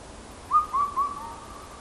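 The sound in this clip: Indian cuckoo call: a brief phrase of three short whistled notes, the later ones slightly lower, over faint background hiss.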